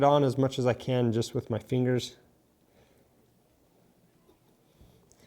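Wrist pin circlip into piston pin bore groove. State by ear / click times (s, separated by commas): not seated / none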